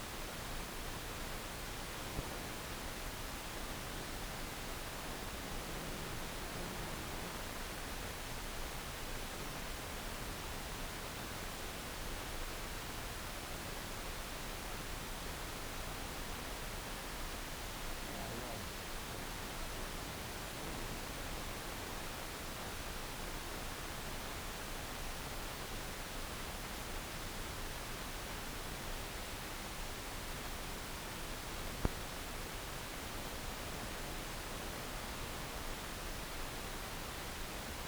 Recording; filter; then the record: brain microelectrode recording played as sound; wide band, above 20 Hz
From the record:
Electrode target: subthalamic nucleus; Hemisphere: left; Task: reaching with the right hand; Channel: 2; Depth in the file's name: 0.251 mm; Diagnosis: Parkinson's disease